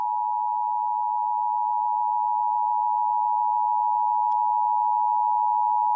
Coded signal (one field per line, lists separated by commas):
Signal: Emergency Alert System (SAME) tones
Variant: 853 and 960 Hz attention tone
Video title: EAS Mini-Timeline Vermont Tests It's AMBER Alert Network (Child Abduction Emergency)